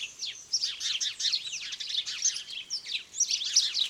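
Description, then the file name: House sparrows chirping: many short high chirps in a dense, nearly continuous chorus. "Passer domesticus"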